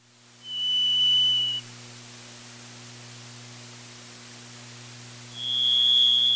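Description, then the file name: Varied Thrush song: a long, steady whistled note, a pause, then a second long whistle at a slightly higher pitch, over a low steady hum. "1988-02-05 Varied Thrush"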